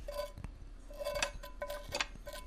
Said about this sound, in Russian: Она из сковородки накладывает ему в тарелку картошку.